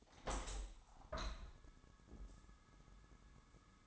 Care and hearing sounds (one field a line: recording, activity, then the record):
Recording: daily activity, microphone in the room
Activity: open window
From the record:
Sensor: 3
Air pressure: 1000.4 hPa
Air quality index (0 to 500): 138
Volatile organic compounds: 2 ppm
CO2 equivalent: 1204 ppm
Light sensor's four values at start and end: 13/34/13/15 and 14/36/14/16